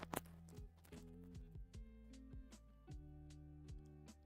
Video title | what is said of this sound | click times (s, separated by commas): Fysetc Doron Velta Delta Printer Build Part 4 | it just doesn't it doesn't snap in it's | none